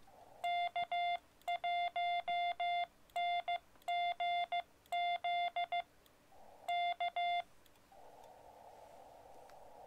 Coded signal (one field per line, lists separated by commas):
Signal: Morse code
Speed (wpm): 15 wpm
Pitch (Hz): 700 Hz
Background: none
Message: K1NGZ K